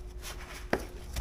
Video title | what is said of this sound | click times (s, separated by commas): How to use a disposable cup system when painting your car. | so you press it on to give it a Twist and you're locked into place and good to go | 0.7 s